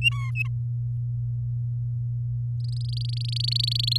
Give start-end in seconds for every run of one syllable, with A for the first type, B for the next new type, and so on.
0.01-0.48 A, 2.60-3.98 B